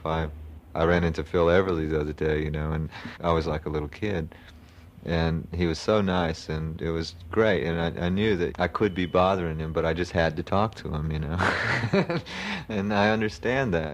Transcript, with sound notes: If I ran into Phil Everly the other day and you know, I was like a little kid, and he was so nice and it was great and I knew that I could be bothering him but I just had to talk to him [laughs] and I understand that.